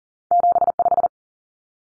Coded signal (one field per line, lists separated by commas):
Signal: Morse code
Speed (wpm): 39 wpm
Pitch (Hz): 700 Hz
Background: none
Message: 75